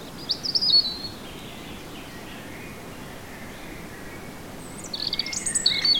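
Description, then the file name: European robin song: thin, high whistled phrases near the start, then a long gap before another burst of sharp, varied high notes at the end; faint background hiss. "Erithacus rubecula"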